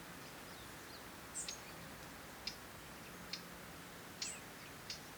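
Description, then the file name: Eurasian Blackcap giving a few sharp, dry tick calls, spaced irregularly about a second apart, over a steady background hiss. "Sylvia atricapilla"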